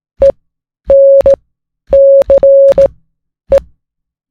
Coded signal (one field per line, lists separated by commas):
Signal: Morse code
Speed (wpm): 16 wpm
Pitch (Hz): 550 Hz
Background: music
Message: ENCE